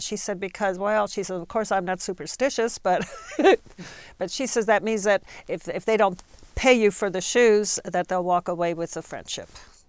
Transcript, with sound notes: And she said, "Because, well," she said, "I'm not superstitious, but (she laughs) she says, "that means that if they don't pay you for the shoes, that they'll walk away with the friendship.